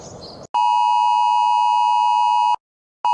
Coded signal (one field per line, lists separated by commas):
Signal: Emergency Alert System (SAME) tones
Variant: 853 and 960 Hz attention tone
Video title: EAS scenario: unknown creature (warning:gore/blood)(not made for kids)￼